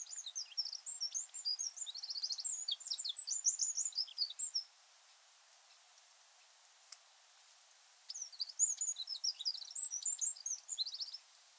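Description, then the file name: Eurasian wren singing two long phrases of fast high twitters and trills, with a quiet gap between them. "Troglodytes troglodytes"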